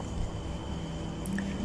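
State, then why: Seated. A plastic-cased 1,400 mAh phone battery, its contact end already hooked onto the terminals of a keypad mobile phone, is pressed down at the top so it sits flat in the compartment. Two short, sharp clicks are heard at 1.3 s and 1.4 s over a low background hum, and the battery is seated and locked in place.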